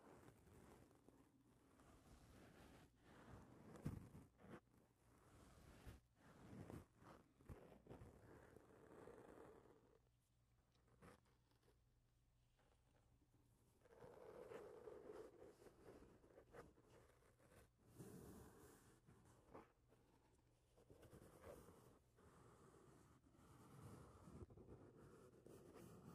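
Handling noise from a microphone being touched: uneven rubbing and scraping with sharp bumps, one hard knock near four seconds. A low rumble runs through most of the clip, easing to a quieter stretch around ten to fourteen seconds before the rubbing returns.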